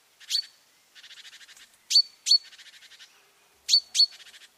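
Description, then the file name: Great tit churring call: sharp high ticks followed by buzzy, rapid rattles, repeated in three bursts of one or two ticks and a churr. "Parus major"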